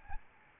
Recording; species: mosquito wingbeat signal from an infrared sensor; Aedes albopictus